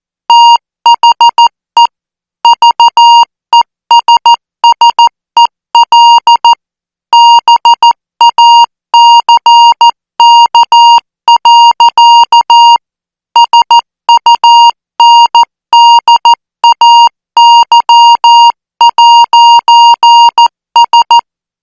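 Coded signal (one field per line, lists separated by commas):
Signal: Morse code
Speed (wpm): 14 wpm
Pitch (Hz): 940 Hz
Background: music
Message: THE VESSEL BACK. SUNDAY'S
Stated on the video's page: Morse code practice signal at 14 words per minute for military signal school training.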